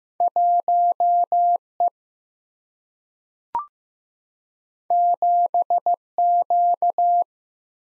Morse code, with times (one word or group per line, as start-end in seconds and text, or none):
0.2-1.6 1
1.8-1.9 E
4.9-5.9 7
6.2-7.2 Q